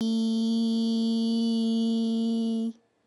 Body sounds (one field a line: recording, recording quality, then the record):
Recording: sustained vowel as in beet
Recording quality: excellent, no background noise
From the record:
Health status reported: healthy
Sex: female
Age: 26 years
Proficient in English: yes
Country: India